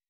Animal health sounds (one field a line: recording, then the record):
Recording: hydrophone in a shrimp aquaculture tank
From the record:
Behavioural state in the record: weakened